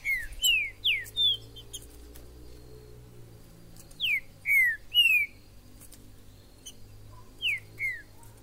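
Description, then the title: Green-winged saltator song: short phrases of clear, slurred whistles dropping in pitch, two to four notes each, repeated after pauses, with faint high chirps from other birds. Wild bird in the forest, calling, singing and displaying as a male in a contest; used to stimulate a kept bird. "TRINCA Piando, Cantando E Macheando Na DISPUTA. TRINCA FERRO no MATO. Trinca ferro MAJOR no MATO"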